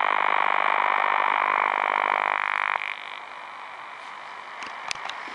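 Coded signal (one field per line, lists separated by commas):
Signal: radar signal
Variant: over-the-horizon radar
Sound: harsh rapid rhythmic buzzing sweeps filling the band, then cutting off to hiss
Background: radio static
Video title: OTH Radar on 16 Meter Broadcast Band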